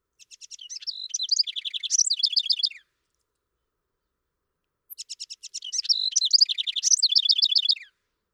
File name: House Wren